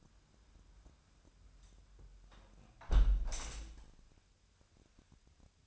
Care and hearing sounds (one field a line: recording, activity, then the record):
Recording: daily activity, microphone in the room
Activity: close window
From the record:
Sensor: 2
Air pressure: 1006.2 hPa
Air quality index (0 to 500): 183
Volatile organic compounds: 10 ppm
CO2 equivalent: 2228 ppm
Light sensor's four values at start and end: 9/21/9/9 and 8/20/8/8